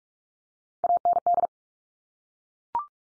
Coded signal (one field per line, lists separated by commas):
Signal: Morse code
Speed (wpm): 44 wpm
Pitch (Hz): 700 Hz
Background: none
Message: AND